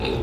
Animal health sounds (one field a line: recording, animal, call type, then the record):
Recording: contact call of a hoofed animal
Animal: pig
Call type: closed-mouth grunt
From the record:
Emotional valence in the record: positive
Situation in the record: food and toys in familiar pen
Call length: 0.23 s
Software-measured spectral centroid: 1920 Hz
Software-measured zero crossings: 1670 a second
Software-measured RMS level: -24 dBFS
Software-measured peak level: -13 dBFS